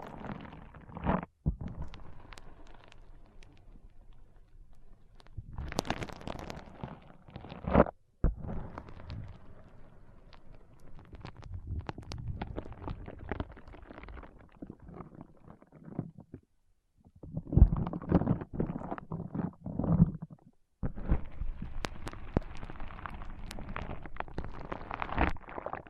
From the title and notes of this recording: ASMR Powerful Foam Brain Massage.